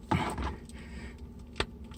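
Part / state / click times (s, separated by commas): action figure head onto neck ball joint / seated / 1.6 s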